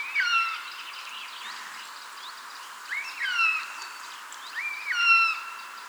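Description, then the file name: Eurasian jay calls: clear whistled notes that rise sharply then slide down, given in three bursts over a steady hiss. "Garrulus glandarius"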